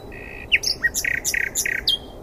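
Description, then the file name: Common nightingale song: steady whistled notes alternating with sharp high chirps and short rapid stutters, varied and lively in a brief burst. "Luscinia megarhynchos"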